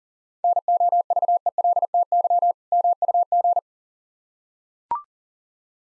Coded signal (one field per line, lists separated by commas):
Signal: Morse code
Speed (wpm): 43 wpm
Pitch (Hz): 700 Hz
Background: none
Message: NOVELTY MUG